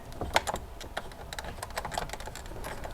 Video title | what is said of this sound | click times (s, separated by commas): C7 Corvette Z06 Carbon Fiber Steering Wheel and Center Console Install | you go ready click all of our electronics are hooked back up now we can slide | 0.4 s